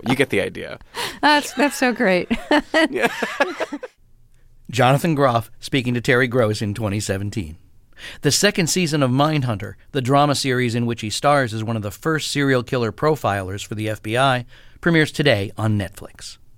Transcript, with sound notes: You get the idea.
(Laughter) That's so great.
Yeah.
(LAUGHTER) Jonathan Groff speaking to Terry Gross in 2017. The second season of "Mindhunter," the drama series in which he stars as one of the first serial killer profilers for the FBI, premieres today on Netflix.